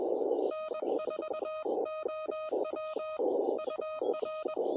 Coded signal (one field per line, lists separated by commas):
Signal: Morse code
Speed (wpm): 21 wpm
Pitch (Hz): 1250 Hz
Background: music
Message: N4OW UR